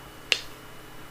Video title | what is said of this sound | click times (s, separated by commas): Nerve full maintenance (Part 2) | in the assembly it should hear it pop | 0.3 s